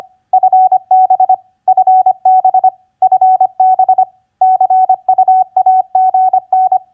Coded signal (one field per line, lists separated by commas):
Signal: Morse code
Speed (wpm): 25 wpm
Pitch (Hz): 750 Hz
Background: none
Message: FB FB FB CUAGN